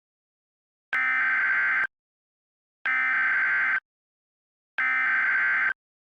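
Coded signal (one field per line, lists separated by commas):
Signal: Emergency Alert System (SAME) tones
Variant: header bursts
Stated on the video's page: Fictional EAS scenario, not a real alert.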